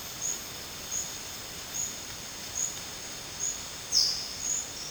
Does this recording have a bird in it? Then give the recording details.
no. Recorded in dense forest near Puerto Asís, Putumayo, Colombia, on 8 March 2025 at 13:30. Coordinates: 0.486, -76.317. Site G053